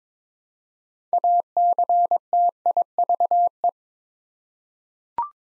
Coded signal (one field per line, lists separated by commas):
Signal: Morse code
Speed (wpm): 21 wpm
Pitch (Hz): 700 Hz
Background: none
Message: ACTIVE